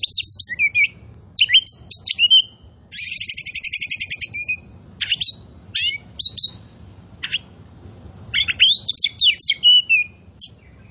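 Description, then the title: Oriental magpie-robin singing a rich medley of high whistles, sharp sweeping notes and a sustained rattling trill in the first half, delivered in quick bursts with short gaps. Sings energetically and continuously (gacor). "Kacer Poci"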